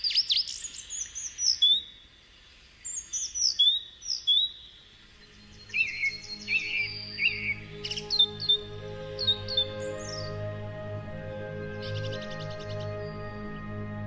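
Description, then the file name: Birdsong: varied high whistled and trilled phrases with short pauses, while a low, sustained musical drone fades in underneath. "preceded by birdsong"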